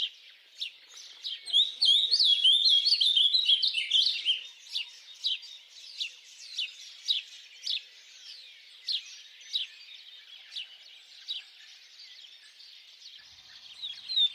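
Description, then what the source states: Birds chirping in a chorus, a busy jumble of high notes early on, then many sharp single chips over a soft twittering background. Birds singing at dawn.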